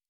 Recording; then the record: hydrophone in a shrimp aquaculture tank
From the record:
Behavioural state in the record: normal